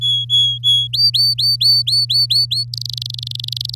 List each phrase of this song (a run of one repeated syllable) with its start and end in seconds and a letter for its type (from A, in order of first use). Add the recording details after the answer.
0.01-0.87 A, 0.93-2.64 B, 2.73-3.75 C. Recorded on 8 May 2018 at 12:54. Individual llb16